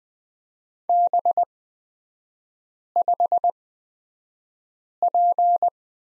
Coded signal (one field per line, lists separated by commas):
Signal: Morse code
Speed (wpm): 20 wpm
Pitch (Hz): 700 Hz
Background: none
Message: B5P